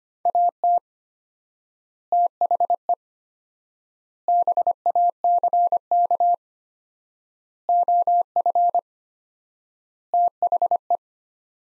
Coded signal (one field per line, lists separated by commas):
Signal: Morse code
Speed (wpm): 25 wpm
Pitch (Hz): 700 Hz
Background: none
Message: AT THE BACK OF THE